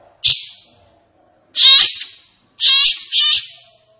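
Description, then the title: Grey-cheeked bulbul calling in four loud, harsh, buzzy bursts, the last two close together, in an otherwise quiet background. Captive bird singing energetically and excitedly, as tutoring material (masteran) for training other caged birds. "Cucak Jenggot Gacor. Cucak Jenggot Emosi Untuk Masteran"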